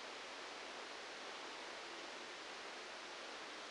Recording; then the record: brain microelectrode recording played as sound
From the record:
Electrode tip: outside the subthalamic nucleus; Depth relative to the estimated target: -3 mm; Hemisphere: right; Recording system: NeuroSet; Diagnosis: Parkinson's disease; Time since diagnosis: 9 years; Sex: male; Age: 56 years